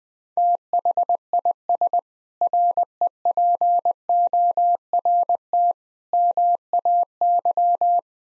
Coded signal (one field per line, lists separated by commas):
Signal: Morse code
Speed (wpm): 21 wpm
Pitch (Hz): 700 Hz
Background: none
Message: THIS REPORT MAY